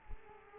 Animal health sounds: mosquito wingbeat signal from an infrared sensor; Culex quinquefasciatus

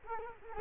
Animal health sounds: mosquito wingbeat signal from an infrared sensor; Culex quinquefasciatus

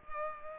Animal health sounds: mosquito wingbeat signal from an infrared sensor; Culex pipiens

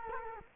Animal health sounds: mosquito wingbeat signal from an infrared sensor; Culex quinquefasciatus

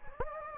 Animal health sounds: mosquito wingbeat signal from an infrared sensor; Anopheles gambiae

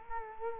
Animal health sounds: mosquito wingbeat signal from an infrared sensor; Culex quinquefasciatus

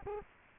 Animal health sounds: mosquito wingbeat signal from an infrared sensor; Culex quinquefasciatus

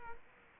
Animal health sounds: mosquito wingbeat signal from an infrared sensor; Culex quinquefasciatus

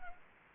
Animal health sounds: mosquito wingbeat signal from an infrared sensor; Anopheles arabiensis

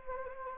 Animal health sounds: mosquito wingbeat signal from an infrared sensor; Anopheles gambiae

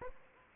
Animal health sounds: mosquito wingbeat signal from an infrared sensor; Aedes aegypti

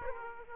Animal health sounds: mosquito wingbeat signal from an infrared sensor; Aedes aegypti

